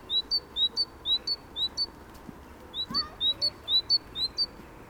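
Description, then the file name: Great tit calling: a steady series of bright two-part notes, each a quick rising slur, repeated about twice a second with a short pause midway, over a soft background hiss. "Parus major"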